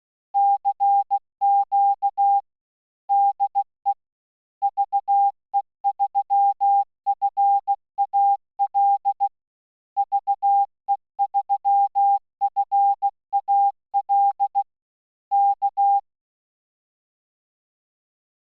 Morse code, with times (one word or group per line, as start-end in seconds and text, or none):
0.4-2.4 CQ
3.1-3.9 DE
4.6-9.3 VE3FAL
10.0-14.6 VE3FAL
15.3-16.0 K